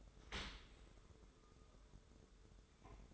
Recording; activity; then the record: daily activity, microphone in the room; open dishwasher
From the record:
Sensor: 3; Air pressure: 1014.9 hPa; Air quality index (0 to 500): 41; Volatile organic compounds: 1 ppm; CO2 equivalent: 596 ppm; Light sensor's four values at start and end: 12/27/11/11 and 12/27/11/11